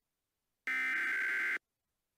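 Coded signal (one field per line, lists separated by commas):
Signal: Emergency Alert System (SAME) tones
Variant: header bursts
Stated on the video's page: Mock scenario of fictional alerts for a real-life Fortnite storm across the United States.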